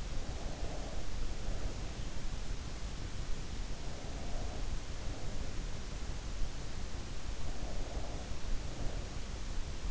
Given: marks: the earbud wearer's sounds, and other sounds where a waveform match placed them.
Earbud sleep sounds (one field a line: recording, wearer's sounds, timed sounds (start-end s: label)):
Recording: sounds in sleep by an in-ear microphone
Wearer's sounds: breath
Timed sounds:
0.00-2.10 s: breath
3.70-6.11 s: breath
7.40-9.46 s: breath